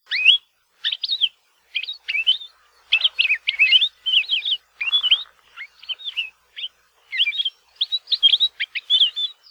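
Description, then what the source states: Palila songs and calls: a varied series of clear whistled and slurred notes, rising and falling, given in quick bursts with short pauses throughout. Examples of the Palila's wide variety of songs and calls; its song is thought of as a sign that rain will soon come; Hawaiian mamane-tree forests.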